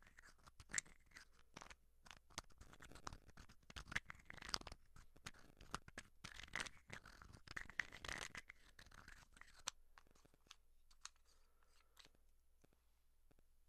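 Dry scratching of a pen or pencil writing on paper, in quick irregular strokes and taps. The strokes are densest through the first eight seconds, then thin out into sparse, softer scratches before the clip ends.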